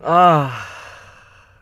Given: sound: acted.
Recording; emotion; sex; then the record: nonverbal affect burst; pleasure; male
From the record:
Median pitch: 132 Hz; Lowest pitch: 78 Hz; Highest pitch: 182 Hz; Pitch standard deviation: 33 Hz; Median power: 57.2 dB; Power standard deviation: 14.0 dB